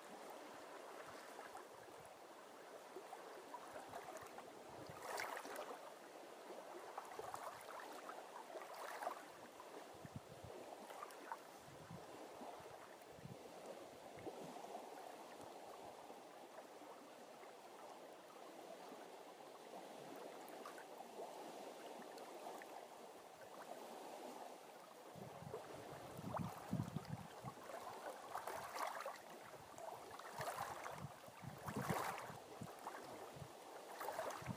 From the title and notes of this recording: 3day 湖 Appalachian trail 2016 Lake.sound meditation. 9月、メイン州の湖にて。 On a lake in Maine.